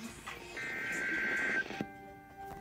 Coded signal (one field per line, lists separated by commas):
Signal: Emergency Alert System (SAME) tones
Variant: header bursts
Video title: (BUNCHA TOR's BUNCHA FFW) NOAA Radio (EAS # 228-250) SVR's TOR's FFW's